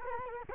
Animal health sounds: mosquito wingbeat signal from an infrared sensor; Culex quinquefasciatus

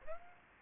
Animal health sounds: mosquito wingbeat signal from an infrared sensor; Aedes aegypti

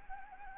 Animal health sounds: mosquito wingbeat signal from an infrared sensor; Anopheles arabiensis

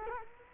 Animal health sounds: mosquito wingbeat signal from an infrared sensor; Culex quinquefasciatus

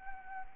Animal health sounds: mosquito wingbeat signal from an infrared sensor; Anopheles arabiensis

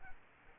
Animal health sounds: mosquito wingbeat signal from an infrared sensor; Aedes aegypti

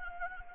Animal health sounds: mosquito wingbeat signal from an infrared sensor; Anopheles gambiae

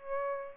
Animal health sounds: mosquito wingbeat signal from an infrared sensor; Aedes aegypti

